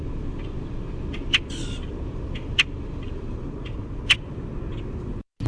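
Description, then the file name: Common grackle giving sharp, dry chack notes, three clear clicks spaced over a few seconds with one brief squeaky rasp, against a steady low rumble. Chaa-chack and squeak calls. "COGR chaa chack squeak"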